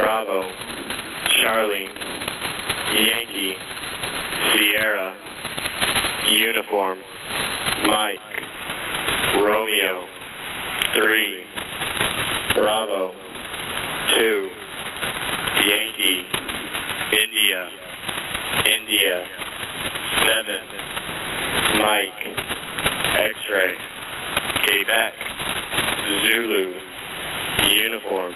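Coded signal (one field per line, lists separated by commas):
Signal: coded military voice message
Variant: HFGCS Emergency Action Message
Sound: a male voice reading NATO phonetic letters and numbers over noisy shortwave radio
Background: radio static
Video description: Followed by "I say again" and the repeat of the message.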